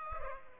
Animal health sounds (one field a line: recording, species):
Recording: mosquito wingbeat signal from an infrared sensor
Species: Culex pipiens